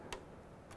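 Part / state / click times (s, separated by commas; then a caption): brake line fitting into rubber grommet on fork bracket / seated / 0.1 s. A brake line fitting is pushed through the rubber grommet on the fork bracket of an R90/6 and snaps into place with a single sharp click at 0.1 s. A second, fainter tick follows near 0.7 s over a quiet background. The fitting is seated in the grommet.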